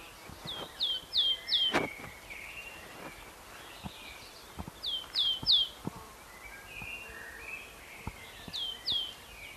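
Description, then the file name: Caspian tit calls: sharp, high descending whistled notes in quick groups of a few, repeated roughly every four seconds, with softer lower chattering notes and occasional clicks between. "Caspian Tit - Poecile hyrcanus"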